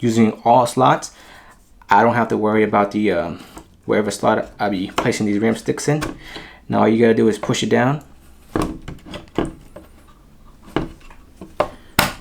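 Someone talks about installing RAM sticks in every memory slot of a motherboard, then a memory module is pushed down into a motherboard DIMM slot. A few soft taps and knocks follow, and the module seats with a sharp click of the slot latch at 12.0 seconds.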